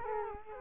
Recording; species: mosquito wingbeat signal from an infrared sensor; Culex quinquefasciatus